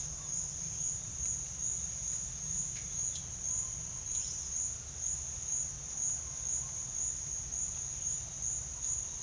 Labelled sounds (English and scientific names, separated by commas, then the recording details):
none
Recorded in secondary vegetation near Puerto Asís, Putumayo, Colombia, on 29 June 2025 at 10:00
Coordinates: 0.498, -76.327
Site GP09